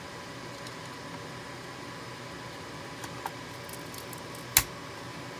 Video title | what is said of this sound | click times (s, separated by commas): How to Supercharge Your Server: Installing A Second CPU on ProLiant DL360 Gen9 | hear a nice click so | 4.6 s